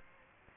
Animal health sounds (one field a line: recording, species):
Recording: mosquito wingbeat signal from an infrared sensor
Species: Aedes aegypti